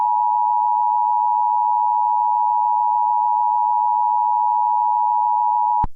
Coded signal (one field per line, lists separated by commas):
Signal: Emergency Alert System (SAME) tones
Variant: 853 and 960 Hz attention tone